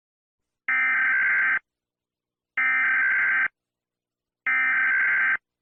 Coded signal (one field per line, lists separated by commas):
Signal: Emergency Alert System (SAME) tones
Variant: header bursts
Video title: EAS Scenario - The Deadly Big One (Part 3)